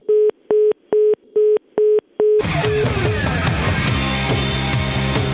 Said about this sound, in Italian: Ma perché ci ha sbattuto il telefono giù?